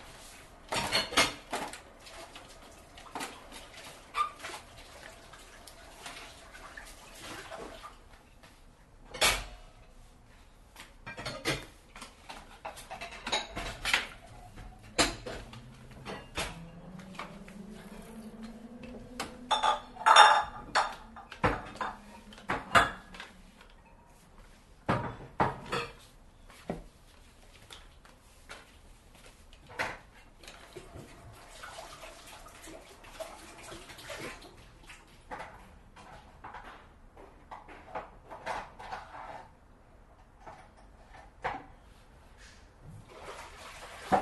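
Dishwashing, with frequent sharp clinks and clatters of plates and cutlery scattered unevenly across the whole clip. A soft bed of running water sits underneath, and a low rising-and-falling hum appears briefly around the middle. The knocks cluster most densely near the midpoint.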